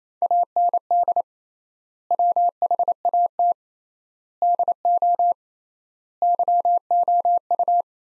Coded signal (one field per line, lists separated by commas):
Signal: Morse code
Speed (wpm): 28 wpm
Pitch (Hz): 700 Hz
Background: none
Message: AND WHAT DO YOU